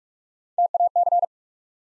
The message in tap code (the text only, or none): none